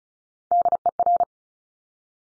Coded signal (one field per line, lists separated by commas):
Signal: Morse code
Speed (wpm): 36 wpm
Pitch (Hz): 700 Hz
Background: none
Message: DER